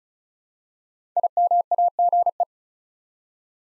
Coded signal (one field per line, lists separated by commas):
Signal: Morse code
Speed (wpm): 34 wpm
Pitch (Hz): 700 Hz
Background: none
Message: IMAGE